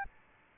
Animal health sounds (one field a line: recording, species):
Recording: mosquito wingbeat signal from an infrared sensor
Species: Aedes albopictus